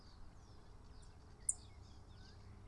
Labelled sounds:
Song Thrush

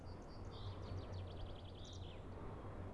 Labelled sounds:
Common Chaffinch

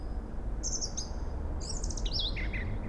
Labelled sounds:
Song Thrush

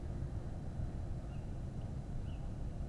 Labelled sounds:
Tawny Owl

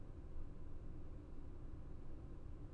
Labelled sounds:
none

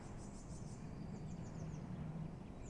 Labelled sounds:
Eurasian Blue Tit

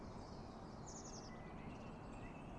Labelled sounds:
Eurasian Blue Tit

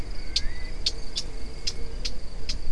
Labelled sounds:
Eurasian Blackcap

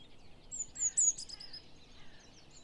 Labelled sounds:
Eurasian Blue Tit

